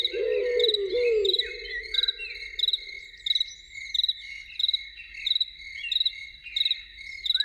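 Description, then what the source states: Loon giving a low wavering call over the first three seconds, with steady rhythmic insect chirping throughout. Loons heard in the evening.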